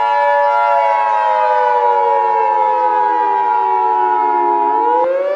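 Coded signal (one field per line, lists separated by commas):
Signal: Emergency Alert System (SAME) tones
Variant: 853 and 960 Hz attention tone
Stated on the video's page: Fictional EAS scenario, remastered, containing simulated SAME tones.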